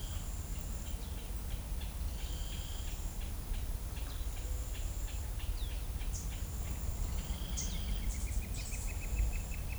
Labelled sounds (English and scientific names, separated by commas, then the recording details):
Yellow-chinned Spinetail (Certhiaxis cinnamomeus), Black-crested Antshrike (Sakesphorus canadensis)
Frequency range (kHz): Yellow-chinned Spinetail (Certhiaxis cinnamomeus) 2.6-5.2 kHz; Black-crested Antshrike (Sakesphorus canadensis) 1.8-2.8 kHz
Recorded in shrubland near Pivijay, Magdalena, Colombia, on 4 June 2023 at 09:30
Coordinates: 10.453, -74.365
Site P5-G022